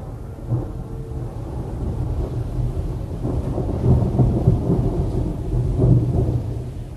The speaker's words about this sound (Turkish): Yağmaya başladı bile. Yağmura bakın. Ne kadar şiddetli yağıyor böyle. Gökyüzünden sel boşandı sanki.